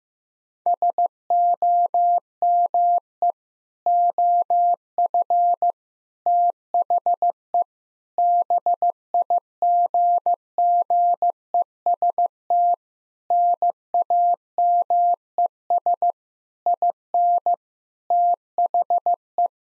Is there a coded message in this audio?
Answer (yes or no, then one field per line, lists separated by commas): yes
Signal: Morse code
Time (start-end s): 0.7-19.5 s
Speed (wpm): 14 wpm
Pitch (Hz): 700 Hz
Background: none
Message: SOME OF THE BIGGEST NAMES IN THE